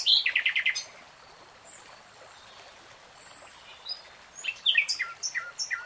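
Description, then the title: Nightingale singing: a quick rattling trill at the start, a pause, then a scatter of varied chirps and sharp high notes. Nightingale singing, in real time. "[Tiếng chim hót] 3 Hours REALTIME Nightingale Singing"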